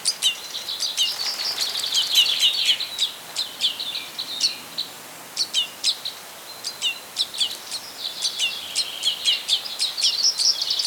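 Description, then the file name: Red crossbill calling: clipped, high chip notes in quick bursts with brief pauses, plus some soft twittering phrases. Pine wood along Camí de s'Arxiduc, 21 June 2015, 11 h. "Pinar-1 Trencapinyes Camí-de-s Arxiduc 150621 11 h"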